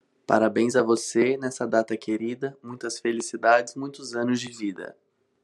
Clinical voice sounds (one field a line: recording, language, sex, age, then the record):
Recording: short text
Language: Brazilian Portuguese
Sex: male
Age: 20 to 29 years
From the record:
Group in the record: control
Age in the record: 28 years